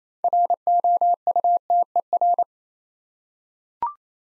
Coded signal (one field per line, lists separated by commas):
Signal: Morse code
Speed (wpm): 27 wpm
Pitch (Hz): 700 Hz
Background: none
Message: ROUTER